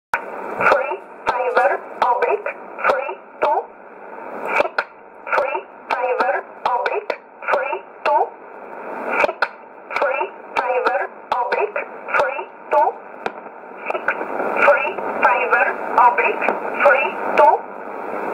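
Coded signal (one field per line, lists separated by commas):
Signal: numbers station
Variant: E11 Oblique, English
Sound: single voice reading short words at steady, evenly spaced intervals over a narrow radio channel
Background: radio static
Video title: 25 10 2019 E11 Oblique Numbers station in English 0717 on 9963 unknown tx site in USB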